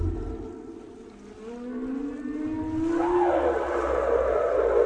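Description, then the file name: Whale song: a low moan slowly rising in pitch, then buried under a steady rushing noise. "Canto de las ballenas"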